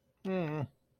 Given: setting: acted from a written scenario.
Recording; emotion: vocal sound without words; neutral